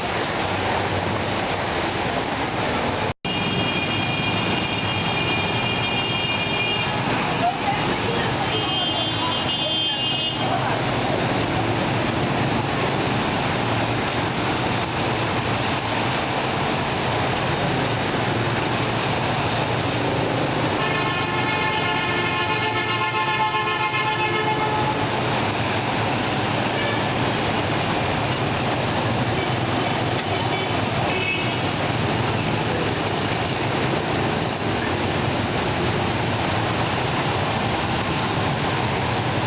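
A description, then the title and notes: Rain pours over a flooded Saigon street, a dense, steady hiss mixed with the low rumble of passing traffic. Vehicle horns sound in bursts, around the fifth, ninth and between the twenty-first and twenty-fifth seconds, with a brief dropout near the start. Rain in Saigon. Streets floodin' here.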